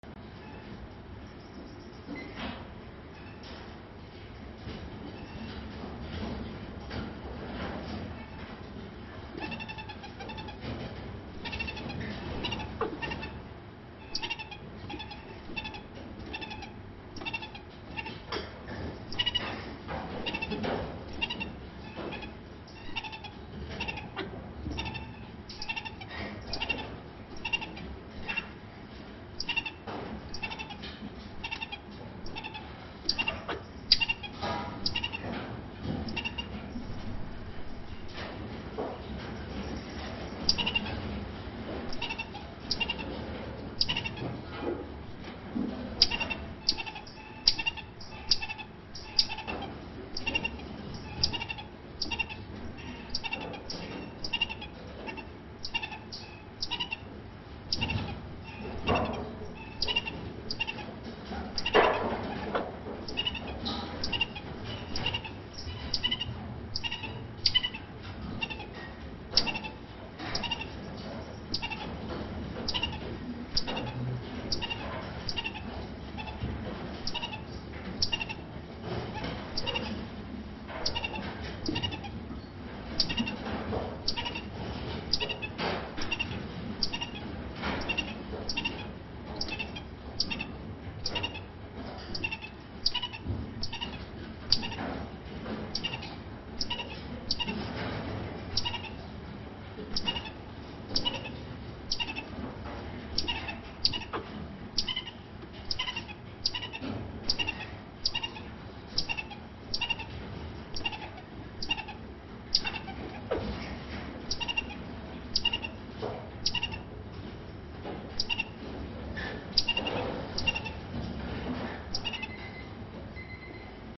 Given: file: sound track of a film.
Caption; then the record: The increased PC1 scores in AC/C/G reflected reduced locomotion, increased distance from the intruder, and high numbers of head and body bobbing, and alarm calls, which are behaviors corresponding to high anxiety (Agustín-Pavón et al, 2012; Carey et al, 1992).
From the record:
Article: Novel Primate Model of Serotonin Transporter Genetic Polymorphisms Associated with Gene Expression, Anxiety and Sensitivity to Antidepressants